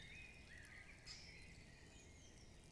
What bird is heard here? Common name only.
Great Spotted Woodpecker